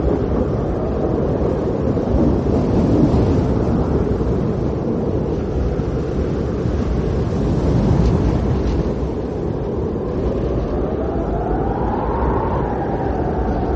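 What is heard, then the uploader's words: A snowstorm's wind roars steadily through swaying pine branches, a dense, low rumble that barely changes in loudness across the whole stretch. Slight surges come and go, and near the end a faint rising whistle joins the gusts. Snowstorm Blizzard Wind Sounds. The sounds of swaying pine tree branches and a snowstorm.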